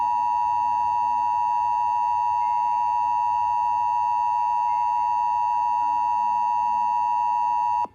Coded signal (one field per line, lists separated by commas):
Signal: Emergency Alert System (SAME) tones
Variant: 853 and 960 Hz attention tone